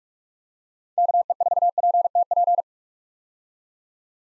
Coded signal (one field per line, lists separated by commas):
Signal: Morse code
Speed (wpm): 42 wpm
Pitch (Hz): 700 Hz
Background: none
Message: KE4PTP